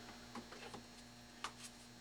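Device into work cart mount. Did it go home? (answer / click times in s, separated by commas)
yes / 1.4 s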